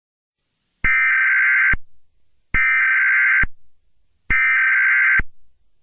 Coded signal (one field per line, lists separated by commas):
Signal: Emergency Alert System (SAME) tones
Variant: header bursts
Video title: EAS Scenario 12: Barney error the traitor!!